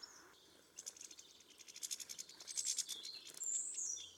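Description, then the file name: European goldfinch twittering calls: a rapid run of dry, high ticking notes building in loudness, ending with a few thin, clear whistled notes. "Carduelis carduelis"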